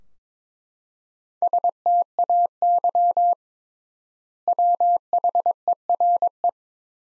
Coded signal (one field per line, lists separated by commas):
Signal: Morse code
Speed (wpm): 22 wpm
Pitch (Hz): 700 Hz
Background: none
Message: STAY WHERE